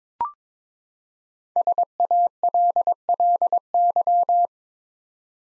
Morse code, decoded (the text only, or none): SALLY